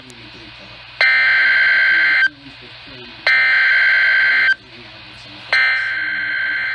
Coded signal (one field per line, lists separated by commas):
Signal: Emergency Alert System (SAME) tones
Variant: header bursts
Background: speech